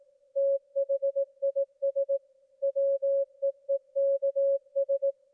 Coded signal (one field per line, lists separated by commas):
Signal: Morse code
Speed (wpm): 18 wpm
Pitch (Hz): 550 Hz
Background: music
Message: THIS WEEKS